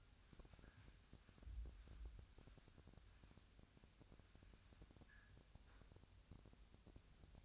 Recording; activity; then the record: daily activity, microphone in the room; wipe stove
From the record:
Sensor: 2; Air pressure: 1006.9 hPa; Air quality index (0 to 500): 198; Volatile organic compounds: 14 ppm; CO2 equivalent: 2430 ppm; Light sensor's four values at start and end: 10/24/10/10 and 10/24/10/10